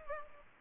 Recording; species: mosquito wingbeat signal from an infrared sensor; Aedes aegypti